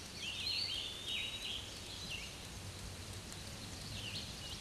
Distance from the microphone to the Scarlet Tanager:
about 70 m